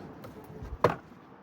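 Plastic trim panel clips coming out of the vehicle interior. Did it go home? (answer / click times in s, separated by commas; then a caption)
released / 0.8 s. A trim removal tool pries a plastic interior trim panel off a Tesla Cybertruck to reach the cabin air filter. After a low, quiet rustle, the retaining clips let go at 0.8 s with a loud, sharp crack. The panel comes loose, and it may have snapped some of the clips.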